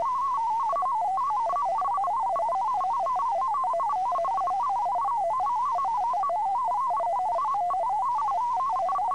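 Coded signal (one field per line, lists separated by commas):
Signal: multi-tone FSK (Olivia or MFSK type)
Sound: rapid warbling tone jumping between pitches near 1 kHz, steady faint higher whine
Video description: At the end of the video is a test message you can use to practice with to make sure everything is set up and working properly.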